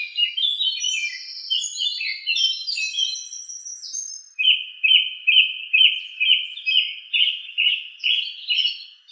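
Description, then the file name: Song thrush song: busy, varied high warbling notes followed by one short clipped phrase repeated many times in steady succession. "suara-kicauan-burung-song-thrush 7-omkicau"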